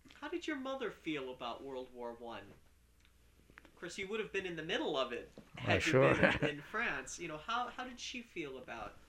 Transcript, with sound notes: How did your mother feel about World War One? Of course, you would have been in the middle of it...
Yeah, sure.... (he laughs)
had you been back in France, you know. How, how did she feel about...